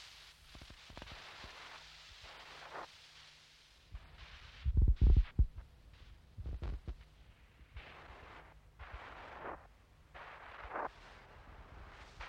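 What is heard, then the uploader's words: Experimental electronic loop of low tape noises, built from repeating bursts of hissy, rushing noise that swell and cut off every second or so. A steady low hum runs underneath, and around five seconds heavy, booming thumps hit hardest, with smaller thuds near seven seconds. Untitled No.3 recorded in one session 1999 in Düsseldorf, Germany silent experimental electronic music stereo tape recorder loop, DIY synthesizer, sine generator and a selection of pre recorded low frequency tape noises.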